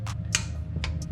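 An inch-pound click-type torque wrench set to 120 in-lb tightens a bolt on the bearing carrier stud of a TA rear differential girdle cover on a Ford Lightning. A sharp click at 0.4 s shows the bolt has reached its torque setting, followed by two softer ticks near 0.8 s and 1.0 s over a steady low hum.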